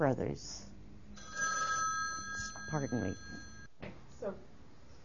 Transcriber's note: telephone rings